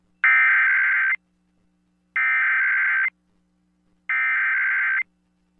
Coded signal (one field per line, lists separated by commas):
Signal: Emergency Alert System (SAME) tones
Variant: header bursts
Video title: San Diego Tested Almost at 2pm (EAS #22974-22991) 10/16/24